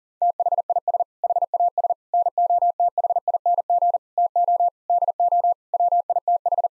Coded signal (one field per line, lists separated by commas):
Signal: Morse code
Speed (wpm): 40 wpm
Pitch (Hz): 700 Hz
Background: none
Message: THIS HAS NOTHING TO DO WITH